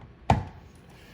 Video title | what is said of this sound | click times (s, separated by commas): Review DEWALT 20V MAX* Charger (DCB115) | Now when you use it, you're gonna wanna go ahead and push it all the way down to make sure that you hear it click and that light comes on to where it's charging. | 0.3 s